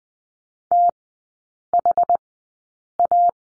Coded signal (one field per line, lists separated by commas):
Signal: Morse code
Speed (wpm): 20 wpm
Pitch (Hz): 700 Hz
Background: none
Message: THA